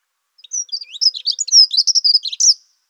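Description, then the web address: Dunnock song: one quick, high, scratchy warbling phrase of jumbled tinkling notes lasting a little over two seconds, otherwise quiet. "birdify. prunella modularis"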